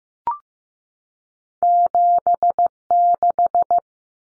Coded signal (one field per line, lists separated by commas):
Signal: Morse code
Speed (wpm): 15 wpm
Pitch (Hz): 700 Hz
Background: none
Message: 76